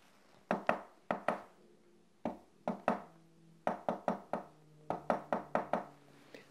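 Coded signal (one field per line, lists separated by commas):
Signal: tap code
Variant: POW tap code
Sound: knuckle knocks on a wall in pairs of groups: 2-2, 1-2, 4-5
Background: small room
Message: GBU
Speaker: the first thing he would hear was "GBU." (God Bless You).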